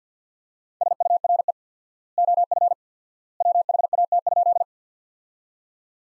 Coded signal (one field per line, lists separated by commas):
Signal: Morse code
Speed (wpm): 50 wpm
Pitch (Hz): 700 Hz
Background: none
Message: SURE OF WHAT?